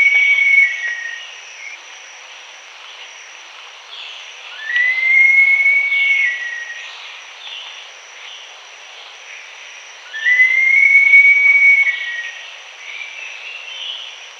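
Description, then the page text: Green-backed kingfisher giving long, clear whistles that rise and then level off, three calls a few seconds apart, over a steady high hum. "Green-Backed Kingfisher Call. Quick Sounds"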